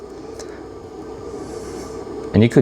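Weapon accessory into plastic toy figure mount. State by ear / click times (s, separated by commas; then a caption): seated / 0.4 s. A weapon accessory is pushed into its mount on a small 11 cm plastic transforming robot figure, giving a short sharp click at 0.4 s as it seats in place over a steady low background hum. Near the end, someone talks.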